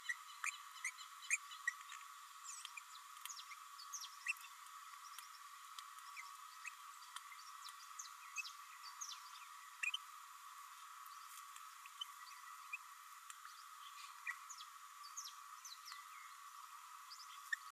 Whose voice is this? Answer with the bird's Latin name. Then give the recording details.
Forpus passerinus. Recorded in a nest box in Venezuela. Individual 18B104A3